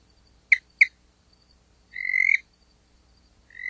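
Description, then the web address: Spotted chirping frog giving two quick sharp chirps, then a longer drawn-out chirp, and another chirp starting at the end, over a quiet background. "Songs of Frogs Toads of North America. Spotted Chirping Frog"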